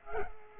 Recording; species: mosquito wingbeat signal from an infrared sensor; Culex pipiens